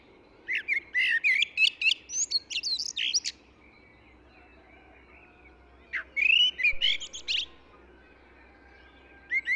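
Eurasian blackbird singing two separate bursts of warbled whistles and scratchy high twitters, divided by a few seconds of quiet with a soft rumble behind.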